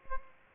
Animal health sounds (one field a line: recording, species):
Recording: mosquito wingbeat signal from an infrared sensor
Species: Aedes aegypti